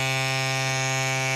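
A Rock Bros electric mini inflator runs with a steady, harmonic-rich electric buzz as it pumps air through a Muc-Off Big Bore Lite valve into a 50mm WTB tubeless gravel tyre on a bicycle rim. The motor drone holds constant for the whole 1.4 seconds, with no sharp transients. Nothing has seated or popped yet: the tyre bead is still not up on the rim.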